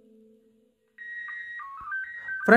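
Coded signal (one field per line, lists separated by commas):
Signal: SSTV (slow-scan television)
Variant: PD 120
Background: speech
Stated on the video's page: SSTV picture signal recorded onto an audio cassette tape, played on a homemade tape recorder.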